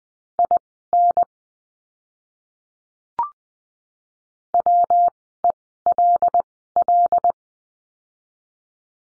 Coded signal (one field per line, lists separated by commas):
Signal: Morse code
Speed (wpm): 20 wpm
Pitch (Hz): 700 Hz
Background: none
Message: IN WELL